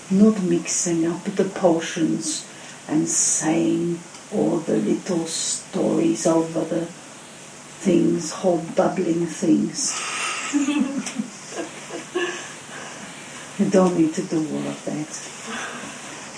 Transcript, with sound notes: Not mixing up the potions and saying all the little stories of the things, hobduggling things. (Laughter) You don't need to do all of that.